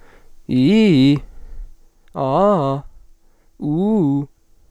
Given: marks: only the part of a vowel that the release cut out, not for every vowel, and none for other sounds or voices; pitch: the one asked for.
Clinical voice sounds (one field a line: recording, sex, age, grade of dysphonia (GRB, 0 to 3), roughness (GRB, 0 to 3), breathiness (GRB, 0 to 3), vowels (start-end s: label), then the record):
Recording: sustained vowels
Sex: male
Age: 20 to 29 years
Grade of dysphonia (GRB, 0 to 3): 1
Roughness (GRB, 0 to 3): 0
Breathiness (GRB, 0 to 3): 0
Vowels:
0.54-1.09 s: vowel /i/, low-high-low pitch
2.21-2.74 s: vowel /a/, low-high-low pitch
3.67-4.18 s: vowel /u/, low-high-low pitch
From the record:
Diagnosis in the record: healthy voice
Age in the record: 21 years